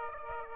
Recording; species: mosquito wingbeat signal from an infrared sensor; Aedes aegypti